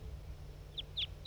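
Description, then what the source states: Crossbill calls: three short, sharp, high chips in the second half, over a low background hum. Birds coming in to join a male that was singing on its way in; flock in flight.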